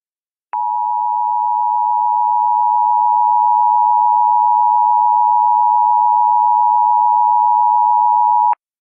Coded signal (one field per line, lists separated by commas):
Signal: Emergency Alert System (SAME) tones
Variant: 853 and 960 Hz attention tone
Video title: EAS Scenario Special - Absolute Zero